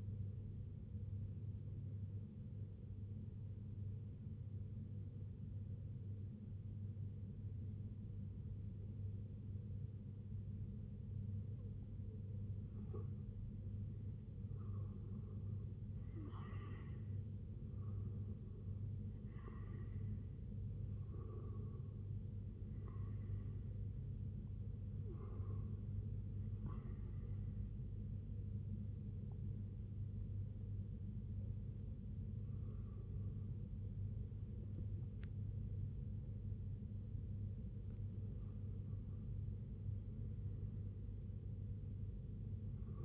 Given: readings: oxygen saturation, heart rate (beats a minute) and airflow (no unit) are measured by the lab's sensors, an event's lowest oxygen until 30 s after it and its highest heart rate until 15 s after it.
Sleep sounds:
breathing in sleep by a smartphone at the bedside; 1
3.00-13.00 s: obstructive apnea (REM, oxygen 95% highest, then 91% lowest, heart rate 74 at the start, 85 highest)
From the record:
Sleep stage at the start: REM sleep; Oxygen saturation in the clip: 91 to 96%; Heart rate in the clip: 60 to 88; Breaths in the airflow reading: 8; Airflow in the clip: -7.1 to 7.1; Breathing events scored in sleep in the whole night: 258 in 7.4 hours asleep

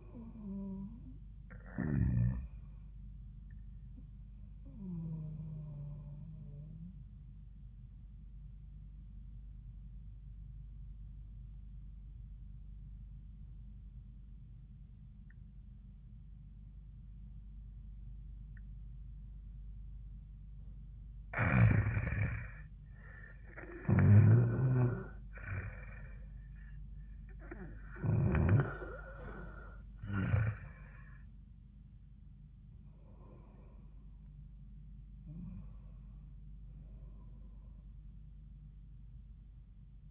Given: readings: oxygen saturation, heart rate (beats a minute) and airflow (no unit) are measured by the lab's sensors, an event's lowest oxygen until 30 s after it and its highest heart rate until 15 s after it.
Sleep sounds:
breathing in sleep by a smartphone at the bedside; 1
8.00-23.60 s: obstructive apnea (N1, oxygen 96% highest, then 89% lowest, heart rate 79 at the start, 90 highest)
From the record:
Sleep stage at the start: N1 (lightest sleep); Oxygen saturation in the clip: 89 to 96%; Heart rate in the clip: 77 to 90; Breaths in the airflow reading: 5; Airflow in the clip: -12.4 to 14.5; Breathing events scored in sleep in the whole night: 400 in 8.7 hours asleep

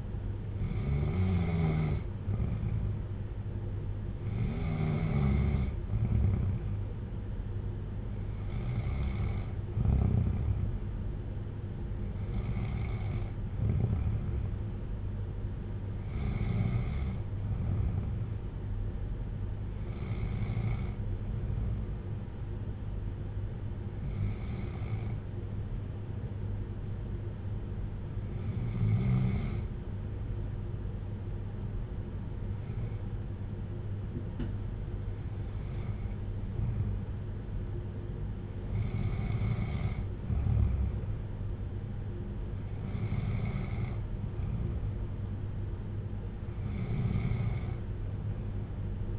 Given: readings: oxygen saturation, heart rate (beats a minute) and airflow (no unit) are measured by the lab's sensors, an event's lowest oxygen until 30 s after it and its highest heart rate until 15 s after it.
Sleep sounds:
breathing in sleep by a smartphone at the bedside; none
none scored
From the record:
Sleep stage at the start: N2 (light sleep); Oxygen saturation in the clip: 93 to 95%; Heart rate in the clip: 55 to 61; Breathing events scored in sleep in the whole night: 310 in 8.1 hours asleep

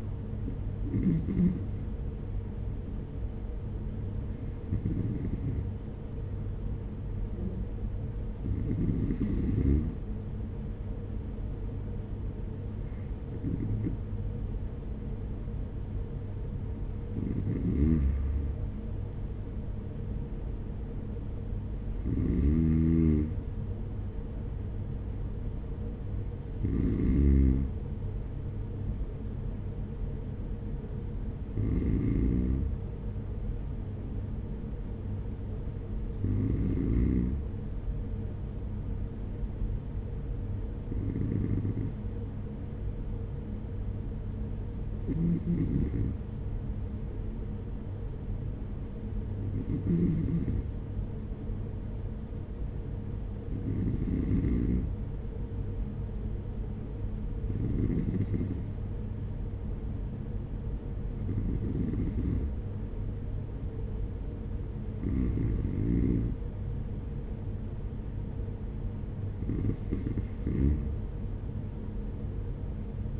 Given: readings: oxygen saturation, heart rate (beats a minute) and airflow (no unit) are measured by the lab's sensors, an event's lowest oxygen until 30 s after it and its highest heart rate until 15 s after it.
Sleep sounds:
breathing in sleep by a smartphone at the bedside; none
none scored
From the record:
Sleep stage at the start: N2 (light sleep); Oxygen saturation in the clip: 93 to 95%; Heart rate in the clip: 46 to 52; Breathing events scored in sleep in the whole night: 210 in 6.9 hours asleep

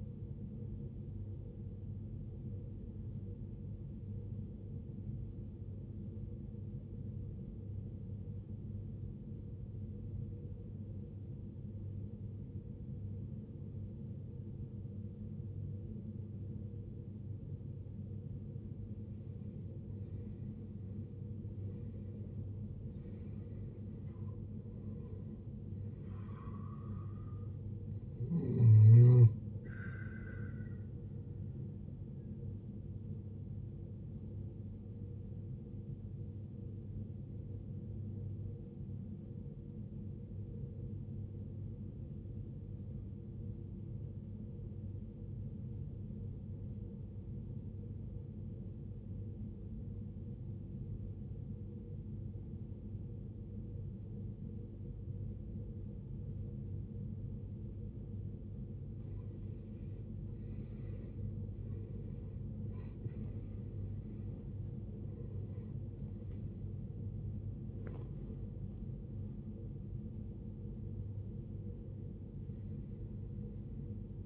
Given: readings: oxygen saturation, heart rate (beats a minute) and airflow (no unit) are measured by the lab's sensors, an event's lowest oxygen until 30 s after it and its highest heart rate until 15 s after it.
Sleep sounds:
breathing in sleep by a smartphone at the bedside; 2
6.00-20.60 s: obstructive apnea (N2, oxygen 95% highest, then 88% lowest, heart rate 59 at the start, 73 highest)
6.00-36.00 s: new sleep stage, N1 (lightest sleep)
36.00-66.00 s: new sleep stage, N2 (light sleep)
39.00-61.50 s: obstructive apnea (N2, oxygen 94% highest, then 86% lowest, heart rate 64 at the start, 80 highest)
66.00-74.26 s: new sleep stage, N1 (lightest sleep)
From the record:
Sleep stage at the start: N2 (light sleep); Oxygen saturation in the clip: 87 to 95%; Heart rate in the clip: 59 to 86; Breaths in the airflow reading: 9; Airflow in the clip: -16.0 to 17.0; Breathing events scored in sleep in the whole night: 389 in 6.3 hours asleep

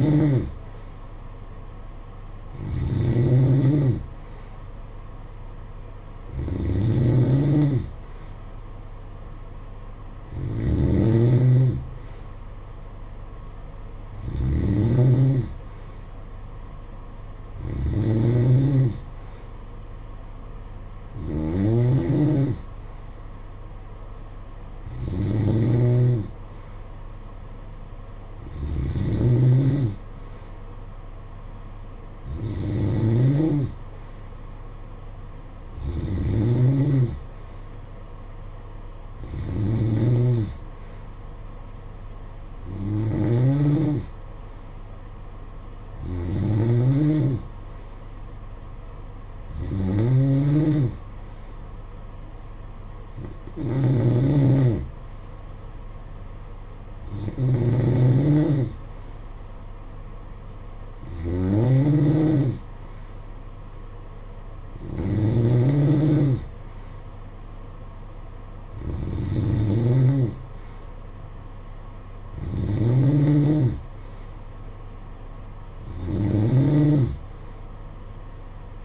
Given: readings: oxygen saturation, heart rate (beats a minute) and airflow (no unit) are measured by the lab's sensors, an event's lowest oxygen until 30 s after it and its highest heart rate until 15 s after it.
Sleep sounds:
breathing in sleep by a smartphone at the bedside; none
47.00-77.00 s: new sleep stage, N3 (deep sleep)
77.00-78.85 s: new sleep stage, N2 (light sleep)
From the record:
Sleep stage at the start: N2 (light sleep); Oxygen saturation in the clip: 90 to 93%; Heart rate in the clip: 53 to 61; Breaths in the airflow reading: 22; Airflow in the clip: -8.8 to 5.7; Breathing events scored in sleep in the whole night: 476 in 9.7 hours asleep

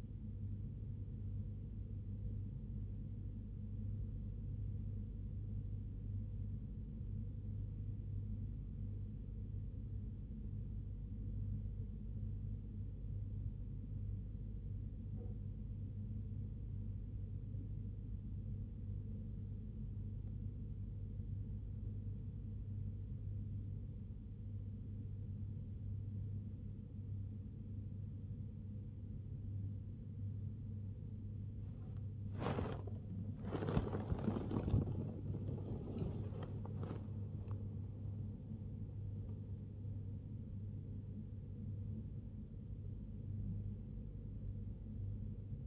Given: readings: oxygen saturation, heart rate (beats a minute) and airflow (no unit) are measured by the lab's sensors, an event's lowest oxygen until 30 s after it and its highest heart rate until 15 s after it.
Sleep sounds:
breathing in sleep by a smartphone at the bedside; 1
10.00-31.70 s: hypopnea (N2, oxygen 94% highest, then 94% lowest, heart rate 62 at the start, 78 highest)
24.00-45.67 s: new sleep stage, N1 (lightest sleep)
From the record:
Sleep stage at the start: N2 (light sleep); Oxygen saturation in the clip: 93 to 95%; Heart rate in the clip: 61 to 78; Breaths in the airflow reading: 13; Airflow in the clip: -2.8 to 3.6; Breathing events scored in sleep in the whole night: 101 in 7.3 hours asleep

